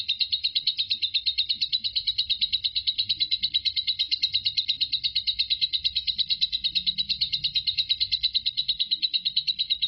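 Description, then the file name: Lovebird in steady, rapid ngekek chattering, strident high notes repeating very evenly throughout, with a faint low rumble in the background. Lovebird singing in ngekek style, one continuous bout lasting 5 minutes 25 seconds. "suara burung lovebird Marco durasi ngekek 5 menit 25 detik"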